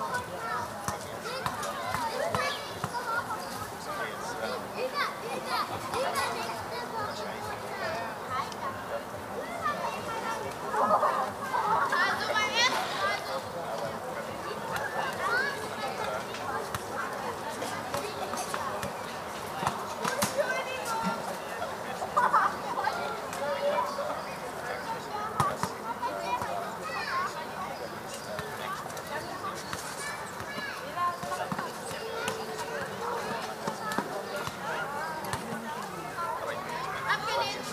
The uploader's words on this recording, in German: Berliner Abendämmerung. Entführt dich an einem Freitagabend zur "Stralauer Bucht". Sommerabend in Berlin.